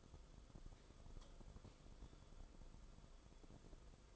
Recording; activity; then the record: daily activity, microphone in the room; light off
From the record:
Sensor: 5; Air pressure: 994.4 hPa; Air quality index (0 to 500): 191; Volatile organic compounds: 1000 ppm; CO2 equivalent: 5633 ppm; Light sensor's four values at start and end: 21/53/21/25 and 20/49/20/23